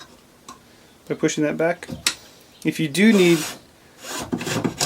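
A lock lever on a Bosch GCM12SD Axial Glide 12-inch miter saw is pushed back into its locked position, and it seats with a single tick-like click at 0.5 s. Someone talks over the rest of the clip, and a few short knocks and rubbing sounds come near the end.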